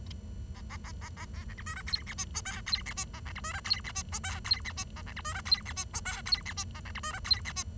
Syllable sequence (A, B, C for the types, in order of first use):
A A A A A B C D E F G H I J K G H I A C D E F G H I J K G H I A C D E F G H I J K G H I A C D E F G H I